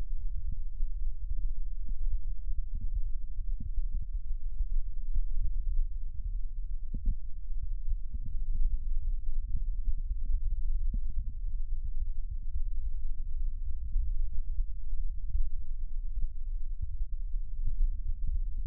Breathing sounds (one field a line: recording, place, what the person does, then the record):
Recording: lung sounds by stethoscope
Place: right anterior apical chest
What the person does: quiet breathing, then deep breathing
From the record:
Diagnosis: asthma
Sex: female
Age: 65 years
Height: 157 cm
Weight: 70.2 kg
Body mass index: 28.5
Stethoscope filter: bell mode